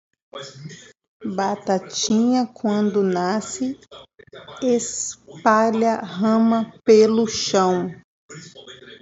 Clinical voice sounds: short text; Brazilian Portuguese; female; 30 to 39 years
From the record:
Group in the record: control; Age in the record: 39 years

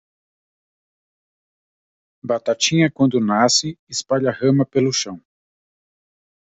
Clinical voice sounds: short text; Brazilian Portuguese; male; 40 to 49 years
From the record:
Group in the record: control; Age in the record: 47 years

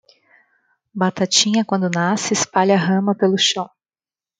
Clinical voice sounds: short text; Brazilian Portuguese; female; 30 to 39 years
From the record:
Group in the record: control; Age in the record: 32 years

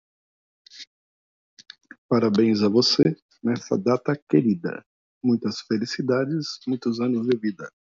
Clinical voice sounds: short text; Brazilian Portuguese; male; 50 to 59 years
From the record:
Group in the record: control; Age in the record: 51 years

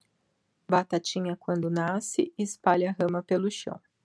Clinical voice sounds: short text; Brazilian Portuguese; female; 30 to 39 years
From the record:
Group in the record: control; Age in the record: 36 years

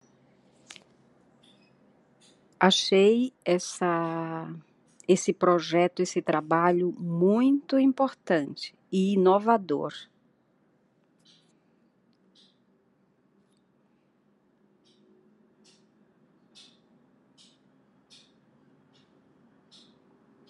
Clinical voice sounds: spoken sentence; Brazilian Portuguese; female; 50 to 59 years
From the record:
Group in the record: control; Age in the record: 53 years

